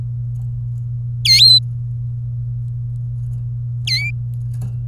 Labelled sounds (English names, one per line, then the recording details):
Domestic Canary song
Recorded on 24 April 2018 at 11:16
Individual llb3